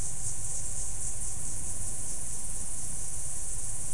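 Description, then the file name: Insects droning in a continuous high, hissing band over a steady low rumbling background. "mainly insect"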